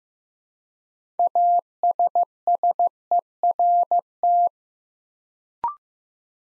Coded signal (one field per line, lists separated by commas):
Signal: Morse code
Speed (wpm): 15 wpm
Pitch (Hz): 700 Hz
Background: none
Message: ASSERT